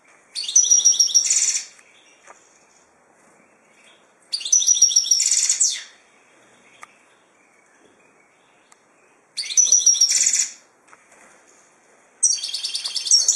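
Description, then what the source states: Finch song: four loud, high, chattering phrases with a whistled thread running through, separated by pauses. Labelled 'drunk'; Ilam.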